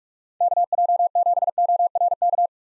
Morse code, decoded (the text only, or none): KJ7ORK